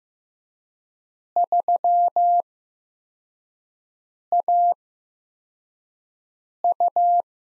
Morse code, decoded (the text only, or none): 3AU